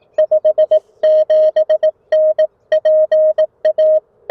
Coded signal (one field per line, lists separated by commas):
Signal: Morse code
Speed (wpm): 19 wpm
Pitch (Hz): 590 Hz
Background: music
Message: 57N PA